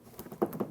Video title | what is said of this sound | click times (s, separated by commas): How to Replace Liftgate Lift Supports 2012-2016 Honda CR-V | push towards it, wait for the click, | 0.4 s